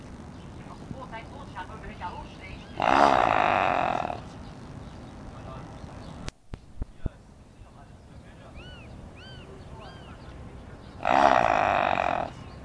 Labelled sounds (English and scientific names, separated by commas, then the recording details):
Black Wildebeest (Connochaetes gnou) call
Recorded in captivity
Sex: diverse
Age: adult
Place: Tierpark Berlin, Berlin, DE
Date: 1965-12-04 14:30
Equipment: Magnetophon 300, Transistorverstärker II, Sennheiser MD 421
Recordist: Tembrock, Günter